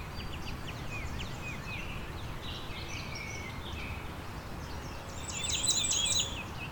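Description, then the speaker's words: Cape May Warbler song: a series of very high, thin, quick notes, building to a louder, rapid high-pitched burst near the end over soft background hiss. "Here's some Cape May warbler song."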